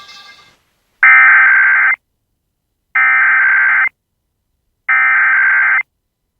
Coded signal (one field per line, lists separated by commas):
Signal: Emergency Alert System (SAME) tones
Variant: header bursts